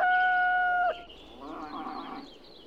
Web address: birds farm roosters cow birds in bg animal